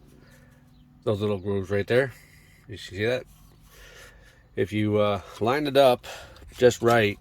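Someone talks while lining up the small tabs of a plastic dash air vent with the grooves in the dashboard opening of a 2012 Toyota Highlander. No snap is heard; the vent has not seated or clicked in yet.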